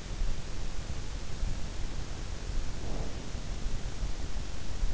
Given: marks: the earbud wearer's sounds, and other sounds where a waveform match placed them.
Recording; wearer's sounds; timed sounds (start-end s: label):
sounds in sleep by an in-ear microphone; breath
2.39-3.68 s: breath